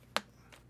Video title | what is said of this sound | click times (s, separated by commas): Canned Fruit Cocktail Mead: Because SCIENCE and CHAOS! | That was a lot of snappage. | 0.2 s, 0.5 s